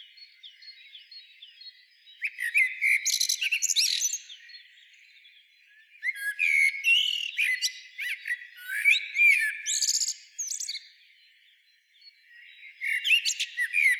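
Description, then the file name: Common blackbird delivers several bursts of song, flowing fluted warbles mixed with shrill high twitters, separated by short pauses. "Turdus merula"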